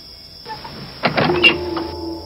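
knocking on a door

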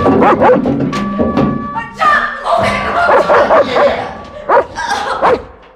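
dog barking and yipping

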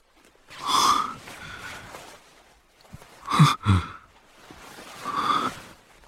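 heavy panting breaths

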